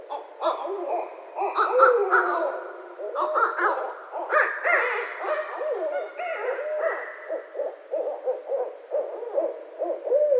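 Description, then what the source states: Barred owl calls: a lively bout of excited hoots, cackles and drawn-out wailing notes, rising and falling, continuing steadily throughout. 12 February 2012.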